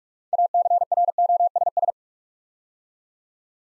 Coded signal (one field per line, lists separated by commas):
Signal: Morse code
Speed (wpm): 44 wpm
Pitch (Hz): 700 Hz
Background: none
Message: ACROSS